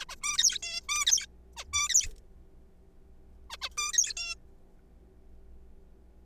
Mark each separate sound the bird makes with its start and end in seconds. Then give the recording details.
0.09-0.16, 0.23-0.37, 0.38-0.58, 0.63-0.81, 0.89-1.06, 1.06-1.26, 1.57-1.64, 1.73-1.88, 1.89-2.07, 3.50-3.57, 3.62-3.69, 3.77-3.92, 3.93-4.13, 4.17-4.34. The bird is a juvenile. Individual R3428